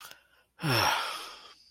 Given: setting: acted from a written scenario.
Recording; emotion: vocal sound without words; contentment